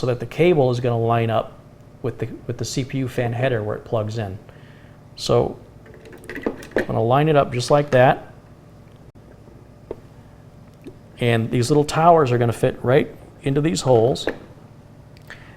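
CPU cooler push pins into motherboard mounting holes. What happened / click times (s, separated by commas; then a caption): The cooler was positioned over its mounting holes but not yet latched / none. Someone talks while lining up the stock CPU cooler in a 2014 HP 110-210 desktop so its cable reaches the CPU fan header and its push-pin towers line up with the motherboard mounting holes. Brief handling taps are heard around 6.2–6.7 s and at 9.9 s. Nothing has been pressed down or clicked into place yet.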